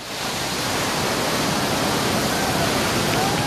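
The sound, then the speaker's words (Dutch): A steady, dense roar of rushing water from an artificial surf wave fills the whole stretch, a broad hiss that holds constant without pauses, as surfers ride over the wave one by one. “Eén voor één rijden ze een stukje mee over de golf.”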